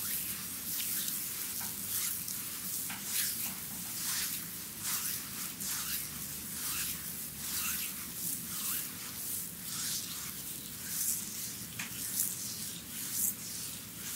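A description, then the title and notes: A Chinese bamboo massage gives a steady run of soft rubbing and swishing, with brushing strokes sweeping through about twice a second. A low, even murmur sits underneath throughout, and the level stays fairly constant with no pauses. ASMR Chinese Bamboo Massage.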